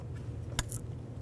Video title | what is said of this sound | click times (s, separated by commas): How to Replace Drivers Side Rear Window Regulator 2007-2017 Ford Expedition | Listen for the click. | 0.6 s